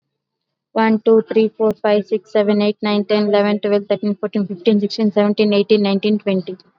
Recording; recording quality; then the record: counting at a fast pace; excellent, no background noise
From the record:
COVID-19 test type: RT-PCR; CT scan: not taken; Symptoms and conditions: none ticked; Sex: female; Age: 24 years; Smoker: no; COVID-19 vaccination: both doses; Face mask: worn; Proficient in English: yes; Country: India